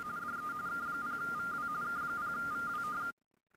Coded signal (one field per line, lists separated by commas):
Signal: RTTY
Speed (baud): 45.45 baud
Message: DE K0VW K0VW